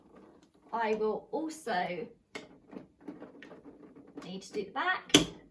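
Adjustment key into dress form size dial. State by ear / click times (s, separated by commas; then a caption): not seated / none. A plastic adjustment key is handled at the dial socket on the back section of an Adjusto form Tailor Maid Entry Model adjustable dress form while someone talks, with a few faint, brief knocks in between. The key has not clicked into the dial yet; nothing has seated by the end.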